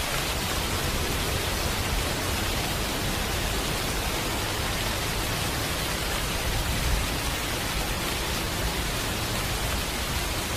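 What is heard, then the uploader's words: Rain falls as a dense, unbroken hiss, so thick that individual drops can't be picked out. The sound stays level from start to finish, spread from a low rumble up to a bright, airy top, with only a slight swell around seven seconds. Sound of rain. Đây là tiếng mưa, mình đã lưu lại được vào mùa mưa tại thành phố nơi mình sống.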